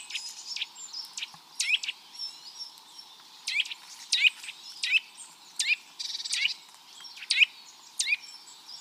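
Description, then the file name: Eurasian nuthatch call notes: bright, hooked downslurred chips in loose groups, with thin high whistles between them and a steady hiss behind. "Sitta europaea"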